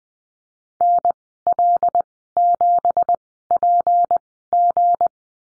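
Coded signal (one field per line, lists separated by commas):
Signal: Morse code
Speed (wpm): 20 wpm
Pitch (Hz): 700 Hz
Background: none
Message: NL7PG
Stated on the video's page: Morse course lesson on the number 9 and call signs, Farnsworth spacing at 20/10 wpm.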